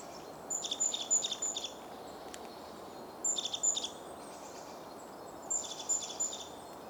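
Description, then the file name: Great tit giving clusters of three or four high, bright notes, about every two and a half seconds, fairly soft against steady hiss. "Parus major"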